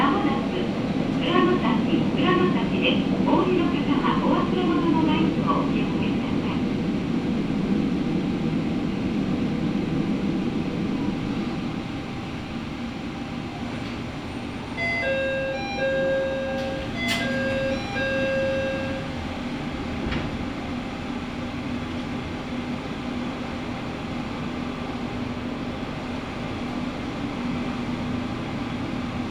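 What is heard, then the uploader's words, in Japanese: A local train runs with a steady low rumble inside the carriage, louder for the first twelve seconds, with faint scattered voices early on. It then settles quieter, and a short series of bright chime tones sounds around fifteen to nineteen seconds. 松浦鉄道 松浦→伊万里。松浦から伊万里は海岸線に沿ったりしながら磁器で有名な伊万里へ向かいます。いきなり難読駅名の調川（つきのかわ）を過ぎ、少しずつ乗客が乗り出してきました。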